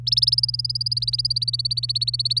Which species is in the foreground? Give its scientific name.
Serinus canaria